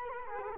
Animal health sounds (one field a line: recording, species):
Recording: mosquito wingbeat signal from an infrared sensor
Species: Culex quinquefasciatus